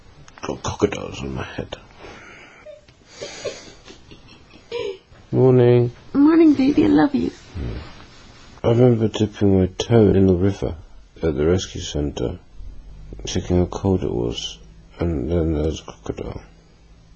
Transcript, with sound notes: Got crocodiles in my head.
(chuckles)
Morning.
Morning, Baby, I love you.
I remember dipping my toe in the river, at the rescue centre, checking how cold it was. And then there was a crocodile.